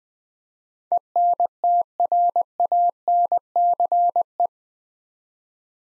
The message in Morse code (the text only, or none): ENTRANCE